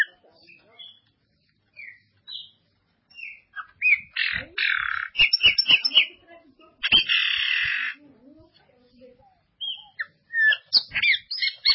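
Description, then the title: Ultramarine grosbeak with scattered thin upslurred whistles and longer rasping buzzy bursts, mixed with sharp clicking sounds. "Azulao"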